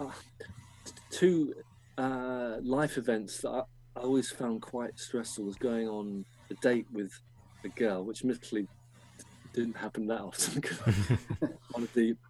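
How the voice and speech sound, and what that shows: Adult male speech with stretched sounds and long silent pauses mid-phrase, consistent with stuttering prolongations and blocks, in a man who has stuttered since about age 6.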